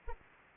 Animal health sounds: mosquito wingbeat signal from an infrared sensor; Anopheles arabiensis

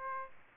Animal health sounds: mosquito wingbeat signal from an infrared sensor; Aedes aegypti

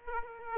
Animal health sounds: mosquito wingbeat signal from an infrared sensor; Aedes aegypti

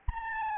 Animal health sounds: mosquito wingbeat signal from an infrared sensor; Anopheles gambiae

